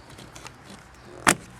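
A plastic pillar trim panel on a 2013 Chevy Cruze, held into the car body by small metal clips, is pulled free during front seatbelt removal. After faint small knocks around 0.4 and 0.5 s, the clips release with a single loud, sharp snap at 1.3 s. The trim comes free.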